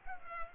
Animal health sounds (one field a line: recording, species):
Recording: mosquito wingbeat signal from an infrared sensor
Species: Culex pipiens